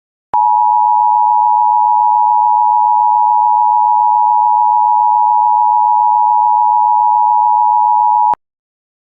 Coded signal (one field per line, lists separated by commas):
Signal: Emergency Alert System (SAME) tones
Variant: 853 and 960 Hz attention tone